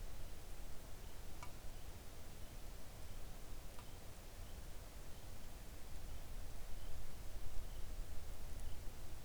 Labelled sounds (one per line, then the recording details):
seabird
rain
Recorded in the Arctic National Wildlife Refuge, Alaska, on 3 August 2019 at 05:48
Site 41